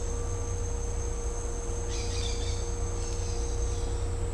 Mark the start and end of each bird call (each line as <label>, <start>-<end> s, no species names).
bird call, 1.86-2.60 s
bird call, 2.98-3.96 s